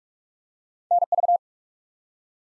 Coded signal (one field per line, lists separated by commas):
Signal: Morse code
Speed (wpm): 44 wpm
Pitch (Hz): 700 Hz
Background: none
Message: NV